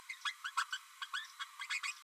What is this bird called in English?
Green-rumped Parrotlet